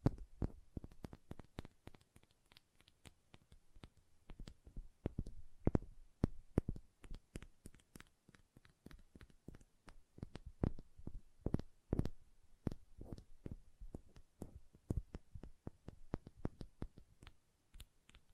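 Hand sounds with quick nail tapping, sharp clicks arriving in rapid irregular bursts throughout, some louder thumps between softer taps.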